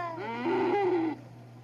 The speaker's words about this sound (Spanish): Sí, se metió una vaca.